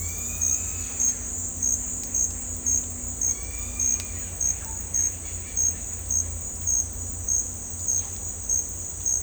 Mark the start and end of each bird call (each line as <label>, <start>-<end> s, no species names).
bird call, 0.00-1.22 s
bird call, 3.25-4.35 s